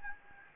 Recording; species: mosquito wingbeat signal from an infrared sensor; Anopheles gambiae